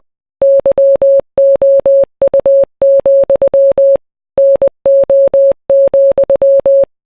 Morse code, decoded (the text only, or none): YOU, NO,